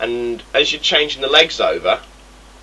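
Someone talks while the legs of a plastic toy robot are unclipped and changed over during its transformation, before the nose cone piece goes into the toy's body. Only speech is heard, then near-silence, and nothing has seated or clicked yet.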